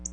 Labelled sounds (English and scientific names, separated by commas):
Black-throated Blue Warbler (Setophaga caerulescens) flight call